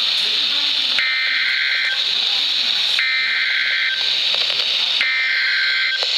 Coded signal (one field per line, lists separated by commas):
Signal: Emergency Alert System (SAME) tones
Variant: header bursts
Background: speech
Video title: {MY FIRST DOUBLE HEADER} EAS #20 & 21 - MY FIRST Flash Flood Watch and Flash Flood Warning 8 9 2013